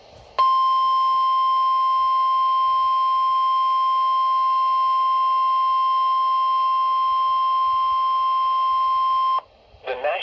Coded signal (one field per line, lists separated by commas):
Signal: Emergency Alert System (SAME) tones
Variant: 1050 Hz attention tone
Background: speech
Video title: Severe Thunderstorm Warning (EAS #7)